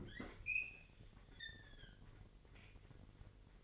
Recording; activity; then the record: daily activity, microphone in the room; open fridge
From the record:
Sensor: 4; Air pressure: 1002.9 hPa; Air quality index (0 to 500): 247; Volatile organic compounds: 19 ppm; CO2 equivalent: 2647 ppm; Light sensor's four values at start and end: 4/10/3/4 and 4/9/3/4